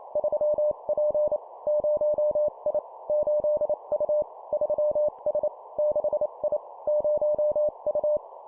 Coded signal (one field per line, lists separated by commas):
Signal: Morse code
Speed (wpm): 28 wpm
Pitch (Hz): 600 Hz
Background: none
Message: 3P 0I 8U 3S 6I 0U